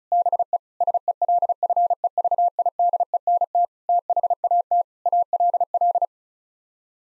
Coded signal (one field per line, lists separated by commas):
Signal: Morse code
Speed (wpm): 34 wpm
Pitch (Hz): 700 Hz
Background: none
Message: BE SELFEVIDENT THAT ALL